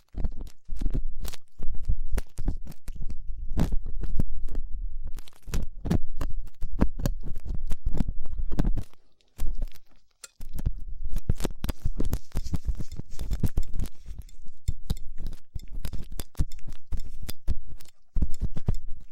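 Ear cleaning sounds with latex gloves, a dental pick and cotton swabs: dense, irregular scratching and crackling taps, some with a low rubbery thump. The rustling runs almost continuously, pausing briefly near ten seconds and again just before the end.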